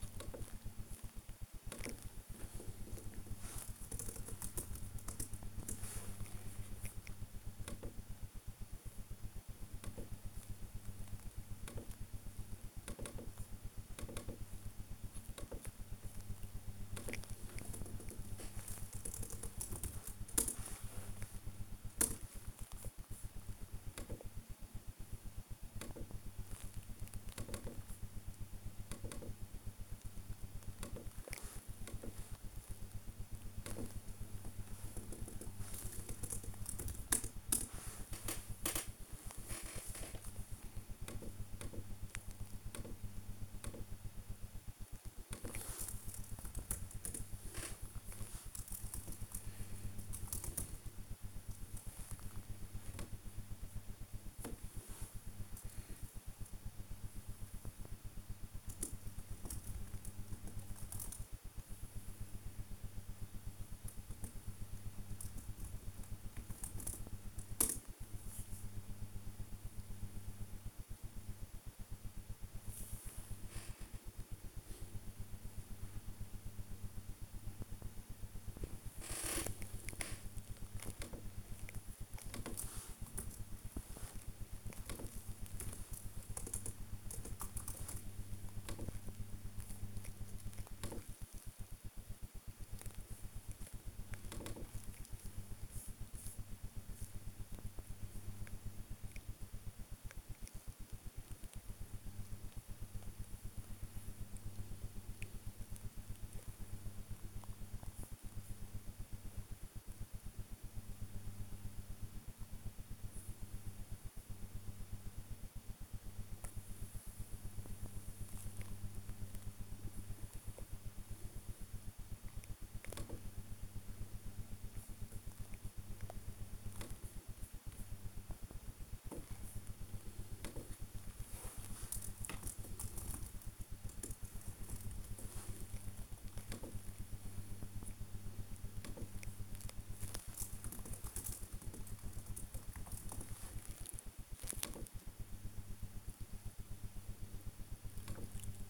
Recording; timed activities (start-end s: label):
household activities, microphone on the right wrist
0.00-84.16 s: working on the computer
88.18-148.69 s: working on the computer